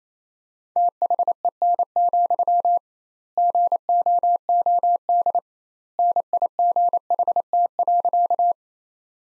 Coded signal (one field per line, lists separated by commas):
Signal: Morse code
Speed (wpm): 28 wpm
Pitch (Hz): 700 Hz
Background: none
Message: THEN, GOOD NIGHT.